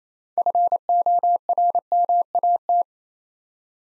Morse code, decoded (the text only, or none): FORMAT